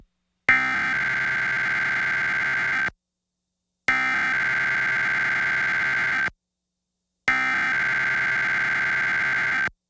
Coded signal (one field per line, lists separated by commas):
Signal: Emergency Alert System (SAME) tones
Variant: header bursts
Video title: WTAJ-TV Weekly Test (12/9/21)(EAS 1012)